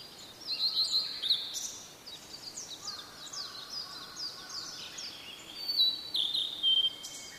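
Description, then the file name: Blue-and-white flycatcher song of sweet high whistles and a string of quick downslurred notes, followed by a bright sliding phrase near the end. "oruri"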